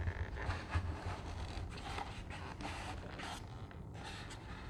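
A plastic battery tray is slid up into its slots in the foam fuselage of an E-flite Pitts S-1S 850mm RC airplane, making a few faint ticks around 0.1 to 0.3 seconds followed by soft scraping and creaking as it moves. Nothing has seated or clicked yet; the tray is not yet latched home.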